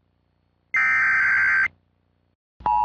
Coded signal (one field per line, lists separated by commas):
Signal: Emergency Alert System (SAME) tones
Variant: header bursts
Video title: EAS MOCK: “Who the hell buys a novelty fire extinguisher!?”